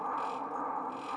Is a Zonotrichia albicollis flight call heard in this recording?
no